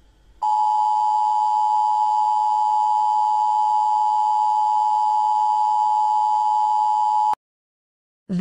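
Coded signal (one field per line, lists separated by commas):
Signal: Emergency Alert System (SAME) tones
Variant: 853 and 960 Hz attention tone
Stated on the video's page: Mock EAS alert, fictional.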